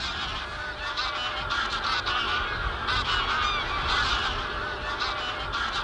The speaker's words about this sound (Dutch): Koolganzen bijvoorbeeld en brandganzen, rotganzen. Dat is natuurlijk prachtig om dat in de winter te ervaren.